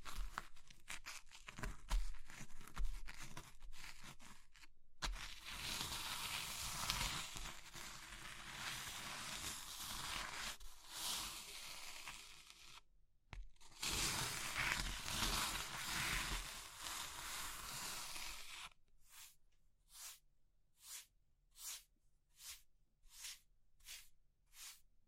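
Crushing of crumbly materials like soap, chalk, meringue or pastel. Sharp crackling snaps open the clip, followed by long stretches of dense, gritty crunching with a brief pause near thirteen seconds. The last six seconds bring short, evenly spaced crunching strokes.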